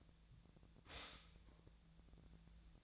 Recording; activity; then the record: daily activity, microphone in the room; stop toaster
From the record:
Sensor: 3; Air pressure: 1009.3 hPa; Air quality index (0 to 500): 198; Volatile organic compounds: 16 ppm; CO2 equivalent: 2561 ppm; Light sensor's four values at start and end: 32/80/34/36 and 32/80/34/36